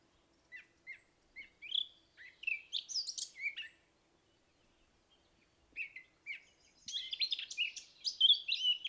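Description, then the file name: Eurasian blackcap with spaced soft chirps, a short scratchy warble, a pause, a few chirps, then a louder burst of rich warbling at the end. "Sylvia atricapilla"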